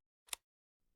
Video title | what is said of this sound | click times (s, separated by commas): EVAC-U-SPLINT Application Guidelines | you should hear a click when the connection has been made | 0.3 s